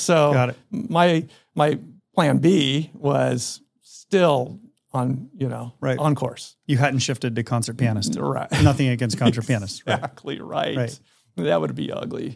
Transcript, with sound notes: So my, my plan B was still on, you know-… on course.
You hadn’t shifted to concert pianist.
Right. [laughs]
Nothing against concert pianist.
Exactly, right. That would be ugly.